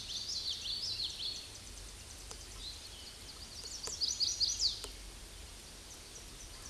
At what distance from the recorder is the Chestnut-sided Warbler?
about 20 m